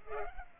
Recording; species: mosquito wingbeat signal from an infrared sensor; Culex pipiens